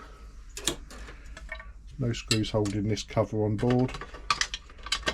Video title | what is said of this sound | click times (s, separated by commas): "Replacing Motor Drive Belts on a Frister & Rossmann Cub 4 Sewing Machine | just snaps into place. | 4.3 s